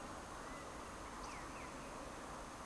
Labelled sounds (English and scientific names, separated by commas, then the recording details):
Eurasian Woodcock (Scolopax rusticola) whistle
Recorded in Baden-Württemberg, Germany, on 30 June 2020 at 19:27 UTC
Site 46046, 702 m above sea level